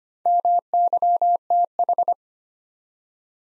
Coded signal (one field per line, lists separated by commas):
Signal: Morse code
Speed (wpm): 25 wpm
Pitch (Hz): 700 Hz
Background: none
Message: MYTH